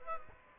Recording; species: mosquito wingbeat signal from an infrared sensor; Aedes aegypti